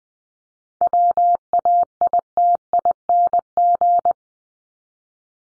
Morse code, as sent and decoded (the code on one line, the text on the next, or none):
.-- .- .. - .. -. --.
WAITING